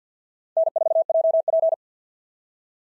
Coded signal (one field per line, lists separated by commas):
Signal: Morse code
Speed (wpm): 48 wpm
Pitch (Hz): 650 Hz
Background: none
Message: N4JP